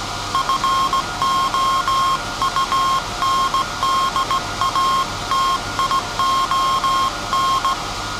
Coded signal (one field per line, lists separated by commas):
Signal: Morse code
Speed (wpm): 17 wpm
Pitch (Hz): 1070 Hz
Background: none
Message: FOUNDATION